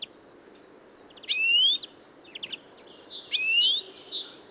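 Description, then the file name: European greenfinch calling twice, each a stretched upward-sliding nasal note, about two seconds apart, with faint twittering notes around them. "Chloris chloris"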